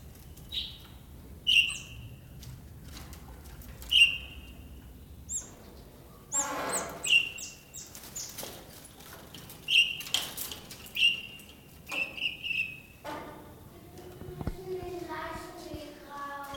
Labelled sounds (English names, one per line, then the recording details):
Speckled Mousebird call
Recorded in captivity
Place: Zoo Berlin, Berlin, DE
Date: 1997-01-18 12:46
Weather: bedeckt, -1°C
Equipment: Nagra SN, Kopie Uher 4000 Report Monitor
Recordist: Tembrock, Günter